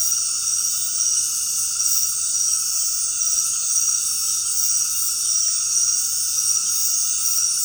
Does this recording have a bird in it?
no